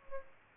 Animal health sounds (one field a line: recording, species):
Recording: mosquito wingbeat signal from an infrared sensor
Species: Aedes aegypti